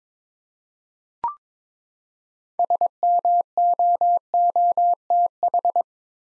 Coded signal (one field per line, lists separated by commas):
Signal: Morse code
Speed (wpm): 22 wpm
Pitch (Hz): 700 Hz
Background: none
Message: SMOOTH